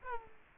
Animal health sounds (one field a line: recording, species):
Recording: mosquito wingbeat signal from an infrared sensor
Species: Aedes aegypti